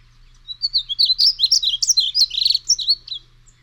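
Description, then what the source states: Painted bunting song, a single run of quick, bright, tumbling warbled notes lasting about three seconds, with a faint steady low hum beneath. Song played on air; sings May through July along brushy fence rows; small songbird that can go unnoticed sitting in shrubs or brush, easier to locate by ear.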